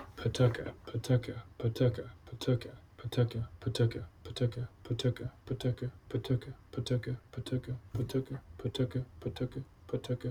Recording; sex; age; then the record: repeated syllables /pa ta ka/; male; 30 to 39 years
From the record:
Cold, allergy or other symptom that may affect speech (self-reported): no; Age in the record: 30 years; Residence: Virginia, United States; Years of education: 18